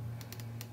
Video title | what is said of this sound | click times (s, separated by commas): Building a Nintendo DS Lite With Spare Parts! 🎮 | we go there's your clickiness and i'll do the same for the other side as well just to give you guys an idea of how it looks that's how it looks | 0.2 s, 0.3 s, 0.4 s, 0.6 s